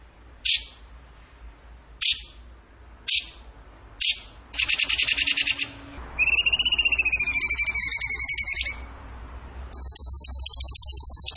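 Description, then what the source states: Bird song: four sharp, separate chip notes, a buzzy trill, a pulsed whistled phrase of repeated falling notes, then a high rapid trill. Masteran training recording, tembakan gacor song style.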